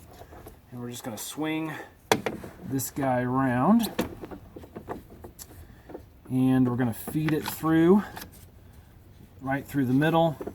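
Someone talks while a metal battery hold-down bracket is swung around into position over the battery tray of a 4Runner, lined up to be fed through the middle. Light metallic rattles from the bracket are heard between about 4.3 and 5.9 seconds. The bracket has not yet been fed through or locked in place, and nothing has seated or clicked yet.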